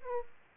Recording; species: mosquito wingbeat signal from an infrared sensor; Aedes aegypti